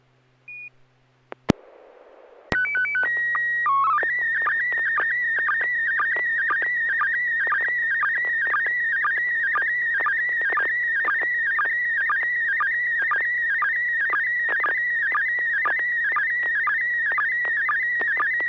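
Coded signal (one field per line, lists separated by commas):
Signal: SSTV (slow-scan television)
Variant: PD120 mode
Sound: brief noise burst, short header tones, then continuous warbling tone with rhythmic low clicks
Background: FM repeater hiss, low hum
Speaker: Roger that I am ready uh this is uh PD one [Music] 20 [Music] e [Applause] [Music] d [Music] n6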